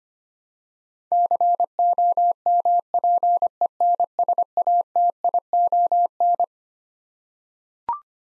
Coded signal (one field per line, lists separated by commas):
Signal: Morse code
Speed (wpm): 25 wpm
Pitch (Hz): 700 Hz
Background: none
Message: COMPENSATION